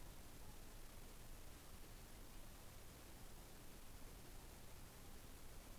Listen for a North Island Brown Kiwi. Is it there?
no